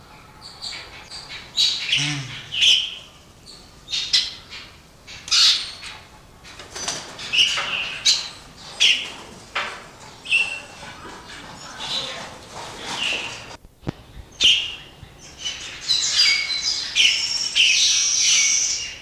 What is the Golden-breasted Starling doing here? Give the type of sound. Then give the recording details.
song. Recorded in captivity. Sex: male. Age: adult. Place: Zoo Berlin, Berlin, DE. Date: 1986-05-23 10:12. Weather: sunny, 15°C. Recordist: Tembrock, Günter. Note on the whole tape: Gesang